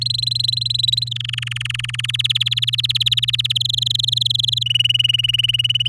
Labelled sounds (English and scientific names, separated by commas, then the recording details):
Domestic Canary (Serinus canaria) song
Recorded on 11 May 2018 at 08:18
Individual llb16